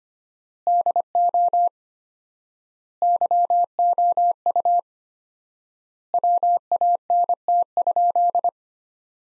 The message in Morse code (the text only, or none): DO YOU WANT?